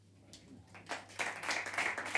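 Applause from an audience at a poetry reading starts sparsely and quickly swells into a dense, steady patter of many hands clapping, growing louder toward the end with no voices.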